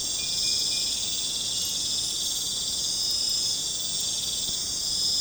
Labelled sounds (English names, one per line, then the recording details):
none
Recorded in pastures near Puerto Asís, Putumayo, Colombia, on 26 December 2024 at 23:30
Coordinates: 0.466, -76.322
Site G040